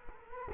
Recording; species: mosquito wingbeat signal from an infrared sensor; Culex quinquefasciatus